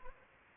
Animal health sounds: mosquito wingbeat signal from an infrared sensor; Anopheles arabiensis

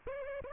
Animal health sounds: mosquito wingbeat signal from an infrared sensor; Aedes aegypti

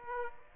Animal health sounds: mosquito wingbeat signal from an infrared sensor; Aedes aegypti

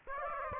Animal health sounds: mosquito wingbeat signal from an infrared sensor; Aedes aegypti

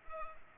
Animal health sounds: mosquito wingbeat signal from an infrared sensor; Culex pipiens

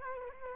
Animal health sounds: mosquito wingbeat signal from an infrared sensor; Culex quinquefasciatus

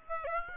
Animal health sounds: mosquito wingbeat signal from an infrared sensor; Aedes aegypti

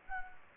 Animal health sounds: mosquito wingbeat signal from an infrared sensor; Anopheles gambiae

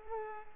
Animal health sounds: mosquito wingbeat signal from an infrared sensor; Culex pipiens

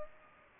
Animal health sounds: mosquito wingbeat signal from an infrared sensor; Culex pipiens

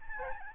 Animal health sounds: mosquito wingbeat signal from an infrared sensor; Aedes albopictus

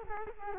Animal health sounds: mosquito wingbeat signal from an infrared sensor; Culex quinquefasciatus

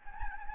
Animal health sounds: mosquito wingbeat signal from an infrared sensor; Anopheles gambiae

